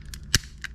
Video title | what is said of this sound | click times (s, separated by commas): The Best Upgrades for Ruger LCP II 22LR Part 3 (Firing pin spring, trigger spring and hammer spring) | push that in so it clicks into place verify it's clicked | 0.3 s